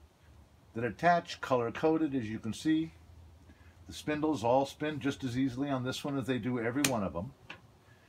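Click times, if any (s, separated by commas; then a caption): 7.5 s. A yarn spool spindle is pressed into the holder of a crochet bobbin rack while someone talks. A single sharp tick at 7.5 s marks the spindle snapping into place, seated.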